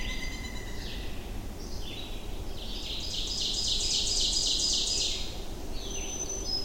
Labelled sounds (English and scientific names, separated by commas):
Ovenbird (Seiurus aurocapilla) song